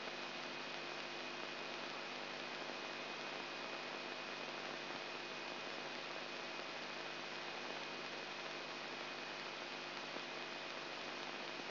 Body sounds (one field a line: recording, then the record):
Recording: brain microelectrode recording played as sound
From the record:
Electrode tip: outside the subthalamic nucleus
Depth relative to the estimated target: -6 mm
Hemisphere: left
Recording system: AlphaMap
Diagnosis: Parkinson's disease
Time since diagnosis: 8 years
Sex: male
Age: 59 years